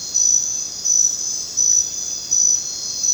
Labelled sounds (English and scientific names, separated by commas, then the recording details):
none
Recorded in dense forest near Puerto Asís, Putumayo, Colombia, on 19 June 2025 at 21:00
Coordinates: 0.484, -76.317
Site G045